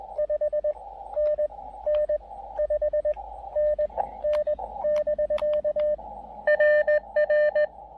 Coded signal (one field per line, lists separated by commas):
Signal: Morse code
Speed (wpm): 20 wpm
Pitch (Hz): 590 Hz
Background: radio noise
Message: 5NN 5NN <BK> RR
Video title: Final POTA Activation in Québec: Pairing the Elecraft KX2 and Tufteln EFRW at Cap Tourmente!